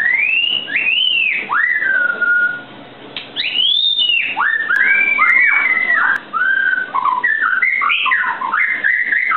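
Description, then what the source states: White-rumped shama song, loud and varied, with rich whistled phrases that arch, rise and fall, delivered almost continuously with short pauses. Masteran (training) recording of white-rumped shama (murai batu).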